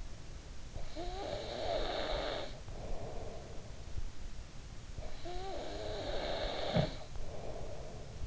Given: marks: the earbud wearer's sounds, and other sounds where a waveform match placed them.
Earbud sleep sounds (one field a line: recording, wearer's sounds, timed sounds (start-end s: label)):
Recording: sounds in sleep by an in-ear microphone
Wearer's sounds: breath, snoring breath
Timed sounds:
0.77-3.66 s: breath
5.06-8.27 s: snoring breath